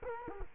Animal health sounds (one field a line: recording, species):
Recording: mosquito wingbeat signal from an infrared sensor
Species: Culex quinquefasciatus